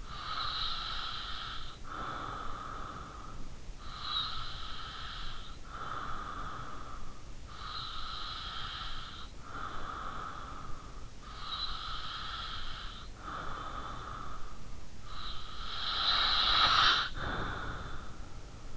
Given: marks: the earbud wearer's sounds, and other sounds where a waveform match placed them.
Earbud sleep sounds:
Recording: sounds in sleep by an in-ear microphone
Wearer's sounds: breath, snoring breath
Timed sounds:
0.01-15.01 s: breath
15.29-18.77 s: snoring breath

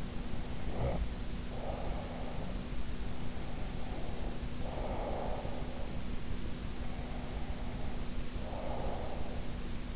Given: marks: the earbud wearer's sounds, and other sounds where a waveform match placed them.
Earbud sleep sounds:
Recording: sounds in sleep by an in-ear microphone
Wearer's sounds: snoring breath, breath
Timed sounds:
0.00-2.81 s: snoring breath
3.14-6.06 s: breath
6.77-9.64 s: breath

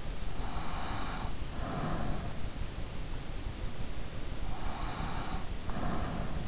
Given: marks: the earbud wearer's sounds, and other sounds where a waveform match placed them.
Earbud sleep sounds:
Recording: sounds in sleep by an in-ear microphone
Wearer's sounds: breath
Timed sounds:
0.38-2.31 s: breath
4.48-6.44 s: breath

